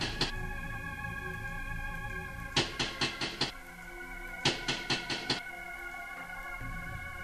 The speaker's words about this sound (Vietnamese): Nhìn ra ngoài cửa phòng, cái cửa vẫn đóng im ỉm. Thế mà tại sao có một loạt tiếng đập cửa kêu gào phát ra? Thì ra tiếng động này phát ra từ trong máy tính.